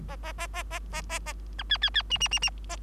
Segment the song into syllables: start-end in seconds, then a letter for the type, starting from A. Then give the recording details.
0.08-0.16 A, 0.23-0.32 A, 0.38-0.47 A, 0.54-0.63 A, 0.70-0.79 A, 0.92-1.02 A, 1.09-1.19 A, 1.26-1.33 A, 1.58-1.63 B, 1.69-1.77 C, 1.82-1.90 C, 1.94-2.02 C, 2.10-2.18 D, 2.20-2.28 D, 2.31-2.39 D, 2.42-2.50 D, 2.69-2.77 A. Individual Bird3